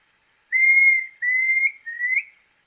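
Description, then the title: Planalto tyrannulet singing three sustained, level whistles in quick succession, the final one lower then lifting at the close; nothing else audible. Subspecies brevirostris. "LuckyPassaro Completos2Sama. Planalto Tyrannulet (Phyllomyias fasciatus brevirostris)"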